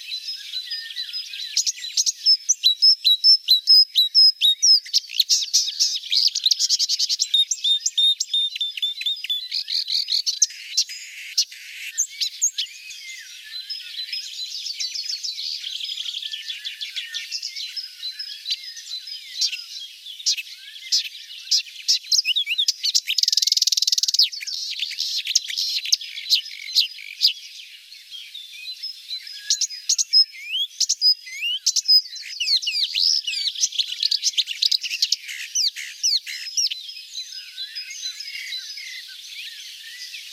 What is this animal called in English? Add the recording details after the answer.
Marsh Warbler. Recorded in the wild. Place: Oberrotweil am Kaiserstuhl / Bickensohl, Baden-Württemberg, DE. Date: 1991-05-28. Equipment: Dat-Recorder Casio DA 7, Telinga M2, stereo, Telinga-Parabolspiegel. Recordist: Schwarz, Dieter. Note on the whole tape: Song